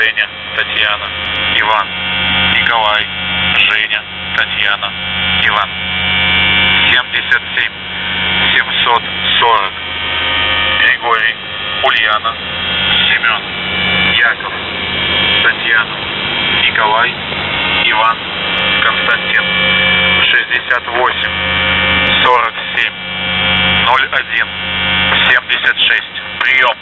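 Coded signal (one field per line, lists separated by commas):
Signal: coded military voice message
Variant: UVB-76, Russian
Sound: steady pulsing buzz with a Russian voice spelling names and reading numbers, ending 'priyom'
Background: radio static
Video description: "The Buzzer" is a Russian military radiostation that broadcasts on 4625 kHz.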